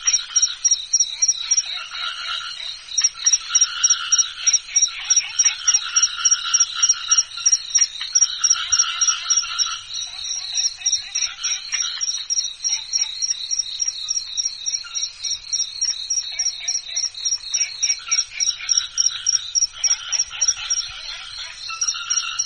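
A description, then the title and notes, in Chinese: Crickets chirp by a pond in a dense, steady chorus of fast, regular pulses that run the whole time. The sound is high and thin, with a bright trill on top and rougher chirps layered beneath, and nothing low underneath. 池塘边的蟋蟀 频率2次 大自然声音。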